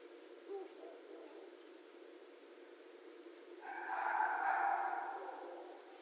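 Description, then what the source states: Red fox uttering one rough, hoarse drawn-out scream swelling and fading over nearly two seconds against a constant low hiss. Recorded 2 January 2012.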